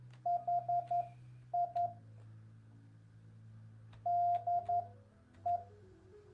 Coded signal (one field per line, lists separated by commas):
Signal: Morse code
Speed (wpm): 11 wpm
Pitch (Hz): 700 Hz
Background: none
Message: HI DE